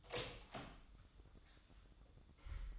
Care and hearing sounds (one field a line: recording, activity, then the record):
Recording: daily activity, microphone in the room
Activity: open door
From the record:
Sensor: 3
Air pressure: 1004.9 hPa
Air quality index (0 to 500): 75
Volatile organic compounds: 2 ppm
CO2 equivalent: 1121 ppm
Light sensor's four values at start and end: 8/20/8/8 and 9/20/8/8